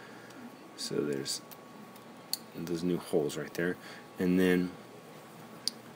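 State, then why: Seated. A plastic tab on a Transformers Collector's Club Subscription Service Slipstream transforming figure is pushed into new holes near the nose cone while someone talks. A single sharp snap is heard at 5.7 s as the tab seats in the holes.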